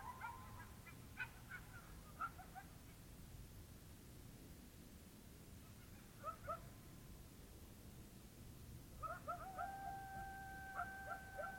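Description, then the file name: Coyote yips and howls: bursts of quavering yips, then a long, steady, level howl near the end. Several coyotes at Usery Park, Arizona. "coyotes usarypark az"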